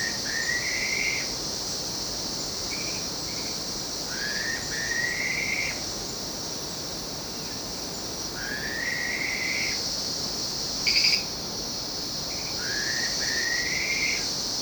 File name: pitta anerythra